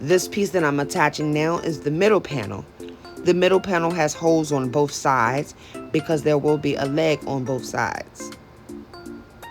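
Someone talks while handling the middle panel of an IDANAS IKEA dresser, which has holes on both sides for a leg on each side, positioning its plastic connector piece to go into the dresser leg. Two small sounds are heard near the end, at 8.9 s and 9.4 s. Nothing has seated or clicked yet; the panel has not been pushed down into the leg.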